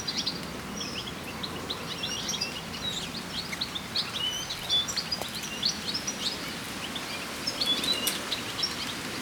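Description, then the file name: European goldfinch call notes, short high chirps and twittering scattered throughout, set against constant rushing background noise. "Carduelis carduelis"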